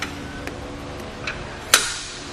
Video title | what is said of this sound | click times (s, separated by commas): Does the RockyMounts MonoRail Bike Rack for 2 Bikes Suit Your 2018 Mitsubishi Outlander Sport | until you hear that click again. | 1.7 s